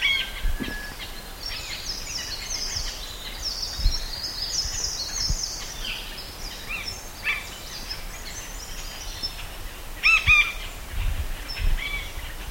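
Bird calling: a busy series of high chirps and whistles, with a loud burst of harmonic calls near the end and low background noise.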